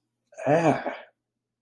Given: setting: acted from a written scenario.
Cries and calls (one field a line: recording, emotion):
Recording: vocal sound without words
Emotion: embarrassment